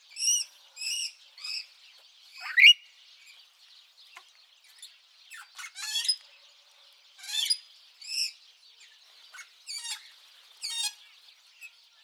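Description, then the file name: Budgerigar chattering: short squeaky chirps and buzzy trills in separate bursts. "budgie"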